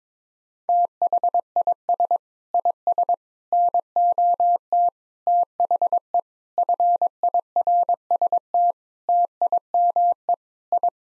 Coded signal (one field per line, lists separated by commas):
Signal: Morse code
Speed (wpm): 22 wpm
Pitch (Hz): 700 Hz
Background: none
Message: THIS IS NOT THE FIRST TIME I